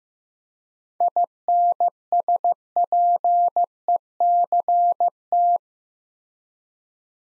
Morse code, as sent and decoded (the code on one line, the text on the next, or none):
.. -. ... .--. . -.-. -
INSPECT